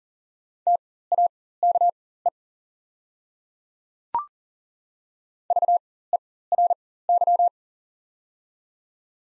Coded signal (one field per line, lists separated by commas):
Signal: Morse code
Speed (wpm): 37 wpm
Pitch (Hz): 700 Hz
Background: none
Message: TAKE VERY